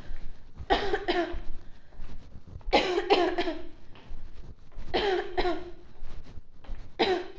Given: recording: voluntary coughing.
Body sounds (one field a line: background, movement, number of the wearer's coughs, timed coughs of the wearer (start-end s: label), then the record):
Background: quiet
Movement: walking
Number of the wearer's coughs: 8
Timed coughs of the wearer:
0.68-1.02 s: cough
1.05-1.35 s: cough
2.70-3.07 s: cough
3.07-3.35 s: cough
3.35-3.57 s: cough
4.91-5.27 s: cough
5.35-5.66 s: cough
6.98-7.29 s: cough
From the record:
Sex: female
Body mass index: 18.3 kg/m2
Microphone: on the chest, facing outward